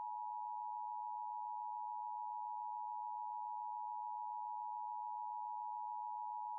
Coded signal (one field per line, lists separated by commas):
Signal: Emergency Alert System (SAME) tones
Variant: 853 and 960 Hz attention tone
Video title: LIVE AM/MW DX: DX Central Live - S. 4, Ep. 8 | Friday, March 1, 2024